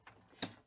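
After a first try that did not catch because it was slightly out of line, a snap-on presser foot is realigned under a serger's presser foot shank and lowered onto it. A soft tick comes at 0.1 s, then a sharp metal-on-plastic snap at 0.4 s as the foot seats onto the shank.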